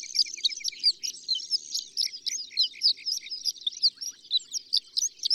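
Horned lark song, a dense high tinkling twitter with short lower ticking runs, over a faint low hum.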